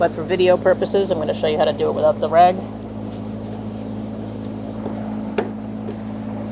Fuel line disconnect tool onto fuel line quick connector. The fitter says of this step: Once you hear that click, usually you're good. And then you can release the line.